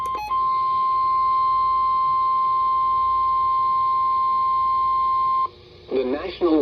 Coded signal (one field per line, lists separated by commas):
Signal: Emergency Alert System (SAME) tones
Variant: 1050 Hz attention tone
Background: speech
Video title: A Little Extra Rainfall || EAS Alerts from 7/15/23 || EAS 780-791